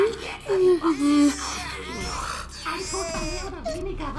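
An alien baby cries in high, wavering wails that break into whimpers and gurgling sobs, rising and falling in pitch over a few seconds.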